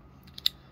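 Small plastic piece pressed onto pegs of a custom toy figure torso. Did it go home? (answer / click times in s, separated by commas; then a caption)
yes / 0.4 s, 0.5 s. A small plastic piece of a custom minifigure torso kit is slid onto its pegs and pressed together. After a faint soft tick, two sharp, short clicks sound at 0.4 s and 0.5 s, the second louder. The piece seats and clicks into place, holding the torso together.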